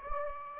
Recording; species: mosquito wingbeat signal from an infrared sensor; Anopheles gambiae